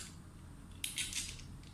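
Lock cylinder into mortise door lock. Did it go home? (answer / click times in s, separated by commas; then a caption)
yes / 0.8 s. A door lock cylinder is wiggled left and right inside a mortise door lock until its fixing screw drops into its seat. A sharp metallic click at 0.8 s marks the screw engaging, followed by a few brighter metallic rattles. The cylinder is seated and now turns easily.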